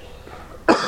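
A single loud cough from an adult man, a lingering cough remaining after recovering from the flu, coughed on request.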